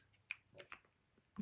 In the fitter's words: close my marker lid until it clicks and then i grabbed a baby wipe